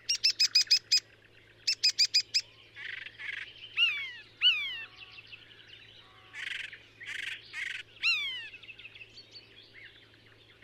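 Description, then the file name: Icterine warbler song: rapid stuttered bursts of high repeated notes, then varied chattering phrases with sharp downslurred whistles, over a steady low electrical hum. "Hypolais icterine"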